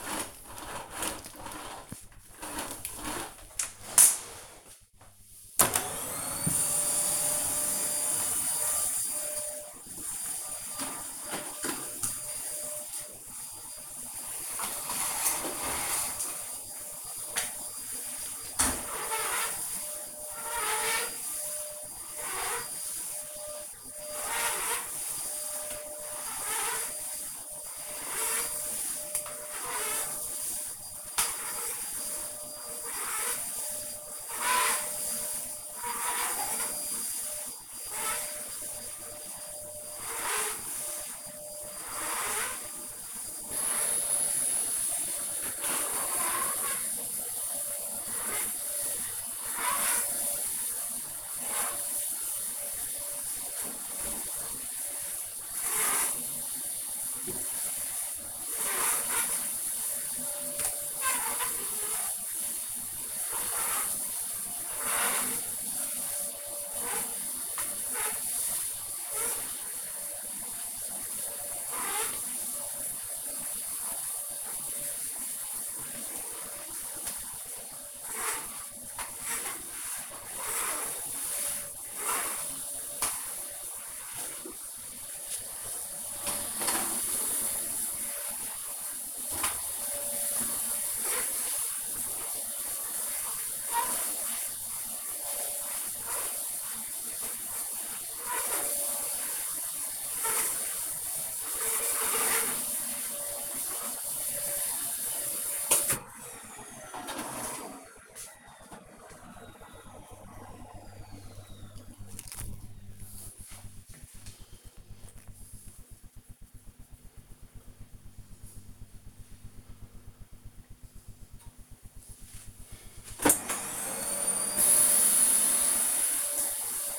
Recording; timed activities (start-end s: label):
household activities, microphone on the right wrist
6.43-106.16 s: vacuum cleaning
123.29-126.99 s: vacuum cleaning